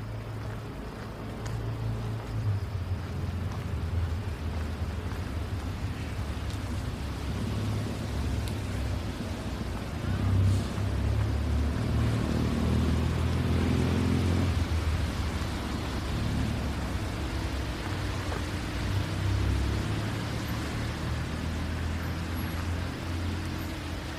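A rainy downtown walk at night, with a steady wash of traffic noise and the hiss of wet pavement filling the whole clip. Low engine rumble swells noticeably around ten to fifteen seconds as a vehicle passes, then settles back to a constant drone.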